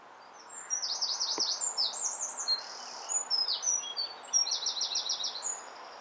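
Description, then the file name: Eurasian wren singing rapid, high, buzzy trills in several bursts, with thin sharp whistled notes between the rattling phrases, over faint background hiss. "Troglodytes troglodytes"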